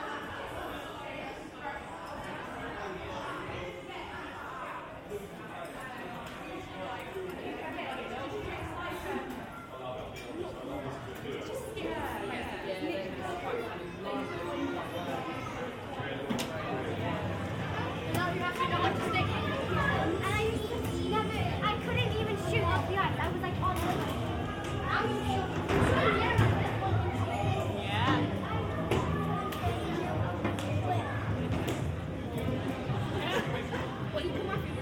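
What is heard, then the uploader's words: A busy ice rink in the early morning, full of overlapping voices and chatter with frequent sharp clicks and scrapes scattered throughout. The din is steady at first, then grows louder and thicker from about fifteen seconds on, with a deeper rumble underneath. The Hectic Ice Rink. I capture the secret world of early morning ice rinks at Ice Sheffield.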